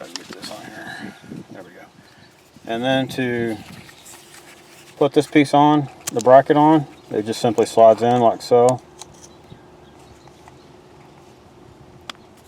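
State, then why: Seated. A plastic mounting bracket is slid onto the body of an Azdome M01 Pro dash cam for installation in a 2012 Toyota Camry. Someone talks, then there is quiet handling with a few soft ticks before a sharp click at 12.1 s as the bracket latches in place. The bracket is seated and confirmed clicked in.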